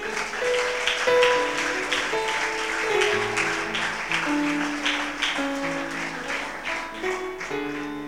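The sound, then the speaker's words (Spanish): An audience claps together for the Lord in a dense, steady wash of applause lasting several seconds, layered over sustained musical tones, fairly loud throughout with no clear speech. “Aplauda al Señor.”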